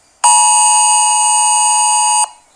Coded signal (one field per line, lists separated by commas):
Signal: Emergency Alert System (SAME) tones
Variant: 853 and 960 Hz attention tone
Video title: TORNADO WARNING EAS#133 For my County